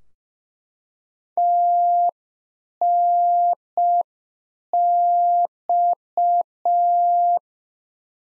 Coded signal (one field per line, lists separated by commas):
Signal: Morse code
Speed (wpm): 5 wpm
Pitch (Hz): 700 Hz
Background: none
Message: TNX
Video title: Practice QSO - Exchange 2- Info - 5wpm